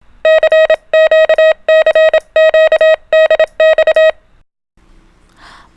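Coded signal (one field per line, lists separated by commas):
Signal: Morse code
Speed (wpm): 27 wpm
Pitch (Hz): 630 Hz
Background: none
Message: CQ CQ DX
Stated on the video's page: Morse practice drill of letter groupings only, for ham radio learners.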